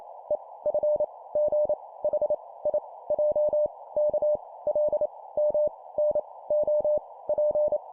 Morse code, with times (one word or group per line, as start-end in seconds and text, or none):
0.3-0.4 E
0.7-1.0 F
1.4-1.7 G
2.0-2.3 H
2.7-2.8 I
3.1-3.7 J
4.0-4.4 K
4.7-5.1 L
5.4-5.7 M
6.0-6.2 N
6.5-7.0 O
7.3-7.8 P